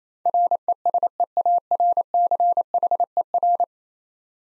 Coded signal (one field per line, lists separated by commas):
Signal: Morse code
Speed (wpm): 28 wpm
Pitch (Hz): 700 Hz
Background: none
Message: RESEARCHER